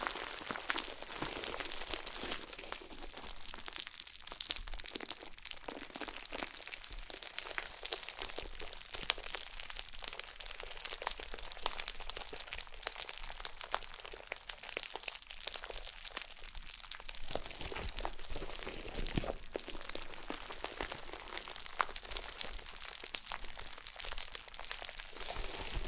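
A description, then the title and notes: Slime being worked and squeezed, giving a dense run of wet crackles, pops and crinkly snaps that carry on without a break for the whole stretch. The sound stays bright and sharp, with little low end, and the level holds fairly even throughout. ASMR SLIME No Talking Satisfying slime Sounds.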